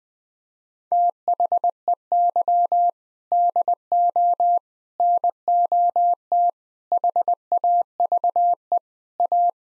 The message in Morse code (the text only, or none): THEY DO NOT HAVE A